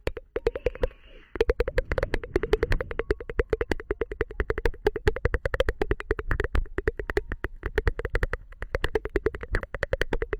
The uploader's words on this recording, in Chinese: 无人声弹舌音（敲暴力）。